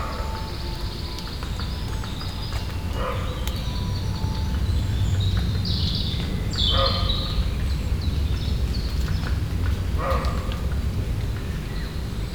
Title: 28 Chemin de Lapeyrière, 31240 Saint-Jean, France - Un chevreuil aboit